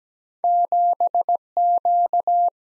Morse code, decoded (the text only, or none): 7Q